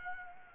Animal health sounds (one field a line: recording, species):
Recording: mosquito wingbeat signal from an infrared sensor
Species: Aedes albopictus